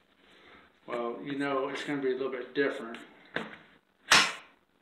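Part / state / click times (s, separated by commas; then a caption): handgun into holster / seated / 4.1 s. A handgun is pushed down into a new powder-coated steel holster to test for a positive retention click, while someone talks. A sharp click is heard at 4.1 s as the pistol seats into the holster's retention, giving perfect retention.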